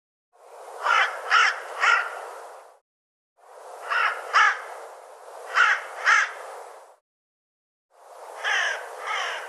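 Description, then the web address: Bird calling with rough, grating caws in three bursts, each holding two to four hoarse notes, separated by short silences. "cianscape birddata Deverinetal 2025"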